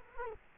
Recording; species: mosquito wingbeat signal from an infrared sensor; Culex quinquefasciatus